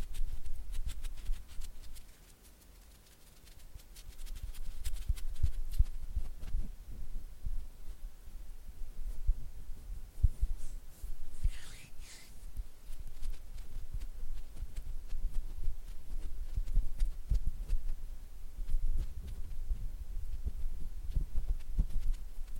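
Oily hand and fluttering finger sounds make dense, rapid soft thumps and slick clicks, pausing briefly near three seconds, with a squeakier burst around twelve.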